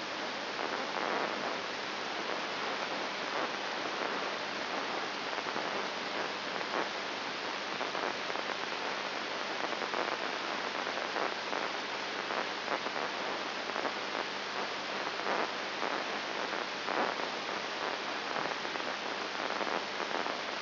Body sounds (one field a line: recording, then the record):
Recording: brain microelectrode recording played as sound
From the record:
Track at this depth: inside the subthalamic nucleus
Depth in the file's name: 1.106 mm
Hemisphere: left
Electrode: 3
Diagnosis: Parkinson's disease